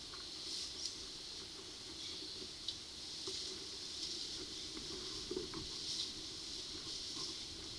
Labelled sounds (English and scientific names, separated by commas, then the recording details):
none
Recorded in pastures near Puerto Asís, Putumayo, Colombia, on 21 February 2024 at 13:30
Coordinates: 0.497, -76.327
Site G7276